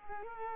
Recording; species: mosquito wingbeat signal from an infrared sensor; Culex pipiens